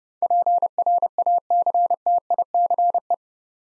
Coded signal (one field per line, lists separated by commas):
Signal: Morse code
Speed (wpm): 28 wpm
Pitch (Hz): 700 Hz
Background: none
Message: PRACTICE